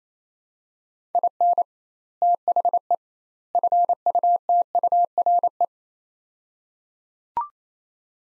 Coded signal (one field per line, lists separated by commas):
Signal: Morse code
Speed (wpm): 28 wpm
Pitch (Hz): 700 Hz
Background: none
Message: IN THE FUTURE